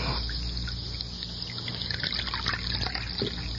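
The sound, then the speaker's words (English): Coffee pours into a cup in a steady, continuous trickle with a bright splashing hiss and a few small drips. No one talks over the sound. “Let me pour you some coffee.”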